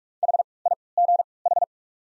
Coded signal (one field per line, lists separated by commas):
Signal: Morse code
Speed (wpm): 41 wpm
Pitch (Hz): 700 Hz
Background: none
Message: HIGH